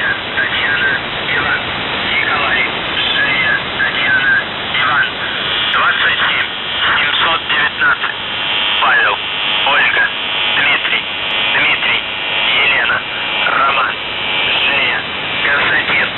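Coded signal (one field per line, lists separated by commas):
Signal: numbers station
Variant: UVB-76, Russian voice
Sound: a voice reading a message through noisy shortwave static, no distinct buzzes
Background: radio static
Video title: The Buzzer/UVB-76(4625Khz) May 1st, 2023 12:54UTC Voice message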